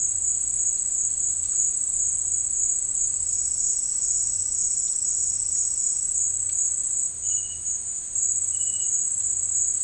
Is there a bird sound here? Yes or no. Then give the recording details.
no. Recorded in dense forest near Puerto Asís, Putumayo, Colombia, on 13 March 2025 at 13:00. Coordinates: 0.485, -76.318. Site G056